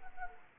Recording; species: mosquito wingbeat signal from an infrared sensor; Anopheles arabiensis